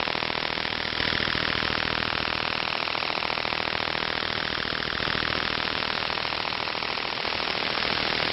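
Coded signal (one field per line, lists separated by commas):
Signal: radar signal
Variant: over-the-horizon radar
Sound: harsh, rapid buzzing pulses, about 12 per second, like an idling engine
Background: radio static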